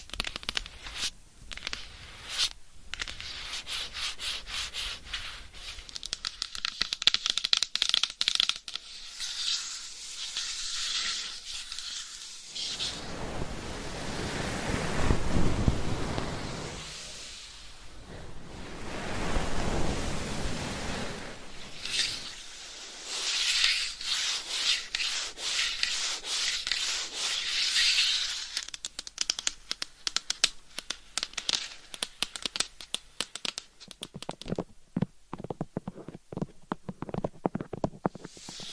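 Scratching and rubbing sounds shift every few seconds. Dense, crisp bursts of fine scratching alternate with softer, fuller rubbing passages around the middle, then quick bright scratches and taps return. The sound has quiet pauses between some changes.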